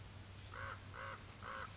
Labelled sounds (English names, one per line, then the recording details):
American Crow
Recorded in Sonoma County, California